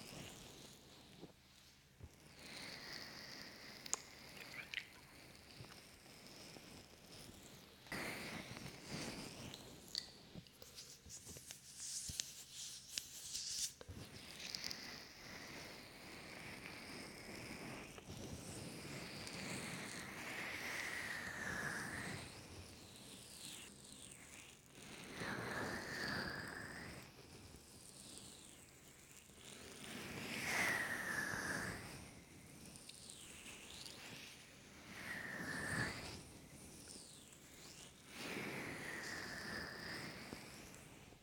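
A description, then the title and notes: Ear massage and ear cupping, with soft rubbing and muffled swishing that swells and fades in slow waves. Louder slick, lotion-like strokes come in bursts around 8–14 seconds and again near 20, 30 and 36 seconds, over a faint low hum. ASMR Ear Lotion Ear Massage Ear Cupping.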